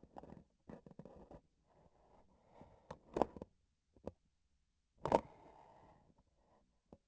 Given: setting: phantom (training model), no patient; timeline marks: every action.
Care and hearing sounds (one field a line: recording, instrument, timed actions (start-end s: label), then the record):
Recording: laparoscopic instrument, vibration sensor on the handle end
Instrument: grasping forceps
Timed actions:
2.79-3.56 s: grasping tissue
4.89-5.29 s: releasing tissue
From the record:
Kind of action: gesture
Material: synthetic tissue